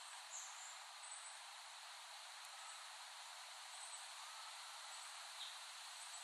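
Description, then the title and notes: Cicadas in a steady, dense hissing drone throughout, with faint brief high chirps scattered over it. Cicadas recorded in West Brighton, Staten Island, late summer 2008. "The Cicadas of Summer. Recording of cicadas made by Dan Bodah in West Brighton, Staten Island, late summer 2008"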